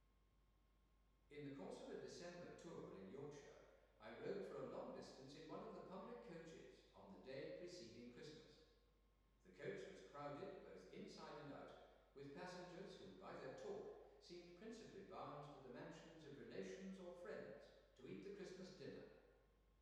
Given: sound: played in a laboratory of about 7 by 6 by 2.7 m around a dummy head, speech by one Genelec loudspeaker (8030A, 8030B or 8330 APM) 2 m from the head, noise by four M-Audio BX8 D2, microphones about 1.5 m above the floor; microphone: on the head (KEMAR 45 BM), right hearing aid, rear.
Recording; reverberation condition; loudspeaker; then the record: male speech in English; high; 120 degrees to the left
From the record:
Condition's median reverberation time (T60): about 1300 ms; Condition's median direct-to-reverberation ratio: about -4.0 dB